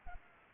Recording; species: mosquito wingbeat signal from an infrared sensor; Culex pipiens